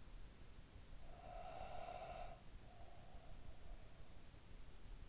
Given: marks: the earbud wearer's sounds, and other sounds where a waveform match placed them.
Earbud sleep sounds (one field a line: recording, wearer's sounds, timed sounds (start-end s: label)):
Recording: sounds in sleep by an in-ear microphone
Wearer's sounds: breath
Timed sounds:
0.86-4.49 s: breath